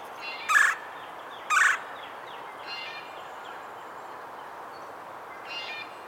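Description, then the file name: Red-bellied woodpecker, two loud harsh rolling calls about a second apart, then softer calls. "Melanerpes carolinus - Red-bellied Woodpecker"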